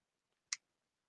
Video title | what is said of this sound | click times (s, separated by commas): Livestream #180 Talkin' Comics AMA - COMIC BOOK UNIVERSITY | So it's not going to lock into place, but it does kind of lock into place. | 0.5 s